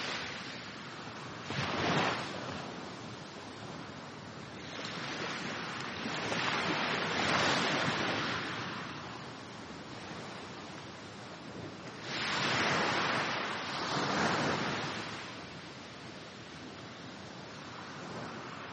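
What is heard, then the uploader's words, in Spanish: Calm ocean waves wash in and out with a steady hiss, swelling louder around two, seven, and thirteen to fifteen seconds. Olas Relajantes. Relajante sonido del oleaje tranquilo de un día soleado.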